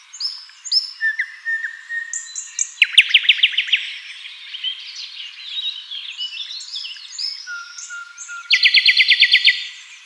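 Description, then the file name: Common nightingale song: a fast burst of repeated notes, mixed chirps, a long pure low whistle, then a loud buzzy rattle, among other birdsong. "Luscinia megarhynchos"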